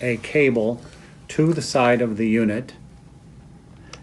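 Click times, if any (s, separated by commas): 3.9 s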